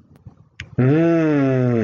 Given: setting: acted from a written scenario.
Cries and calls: vocal sound without words; desire

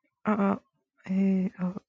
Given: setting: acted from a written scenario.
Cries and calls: vocal sound without words; confusion

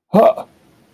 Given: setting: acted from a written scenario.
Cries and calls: vocal sound without words; distress

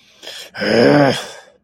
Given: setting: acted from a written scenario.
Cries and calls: vocal sound without words; anger

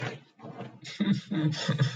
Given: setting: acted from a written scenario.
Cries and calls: vocal sound without words; fear

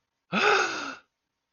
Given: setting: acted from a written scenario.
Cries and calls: vocal sound without words; fear

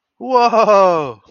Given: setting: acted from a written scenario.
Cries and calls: vocal sound without words; positive surprise

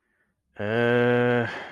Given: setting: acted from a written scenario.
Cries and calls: vocal sound without words; confusion

